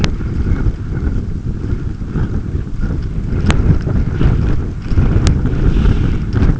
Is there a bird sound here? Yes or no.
no